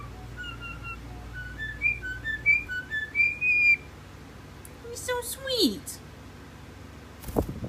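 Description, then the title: European starling giving a run of steady and rising whistles, then a sharp downward slurred note and a burst of clicks at the end. Mimicry by European starlings, including imitation of human speech. "European starlings are so good at mimicry, they can even do human speech."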